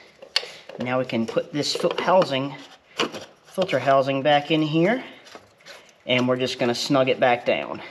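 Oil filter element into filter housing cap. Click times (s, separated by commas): 0.4 s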